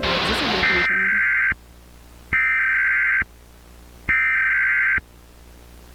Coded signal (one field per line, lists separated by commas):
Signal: Emergency Alert System (SAME) tones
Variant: header bursts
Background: speech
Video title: Terrifying Emergency Alerts | Analog Horror